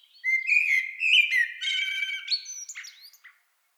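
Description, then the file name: Eurasian blackbird delivering one rich, flute-like warbling phrase that slides between notes and closes with a few squeaky high notes. "Turdus merula"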